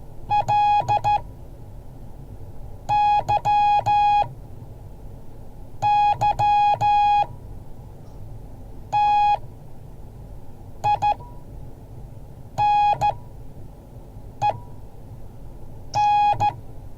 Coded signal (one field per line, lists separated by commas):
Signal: Morse code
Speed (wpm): 15 wpm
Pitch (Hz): 830 Hz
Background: music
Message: LYYTINEN